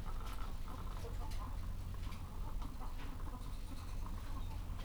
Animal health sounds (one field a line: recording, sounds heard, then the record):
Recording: poultry house recording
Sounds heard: sick chickens (respiratory disease)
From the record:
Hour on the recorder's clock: 14